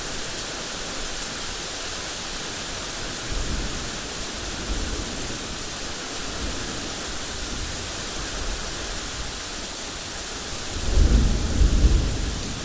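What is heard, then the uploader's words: Steady rain hisses evenly throughout, a dense, bright wash with no gaps. Soft, low rumbles of thunder roll underneath, swelling briefly around three seconds and more strongly near the end, from about eleven seconds on. Summer Thunderstorm. No narration, just a few minutes of rain and gentle thunder.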